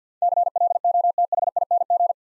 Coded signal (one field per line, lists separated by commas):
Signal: Morse code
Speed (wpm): 48 wpm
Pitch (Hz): 700 Hz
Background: none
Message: CLOTHING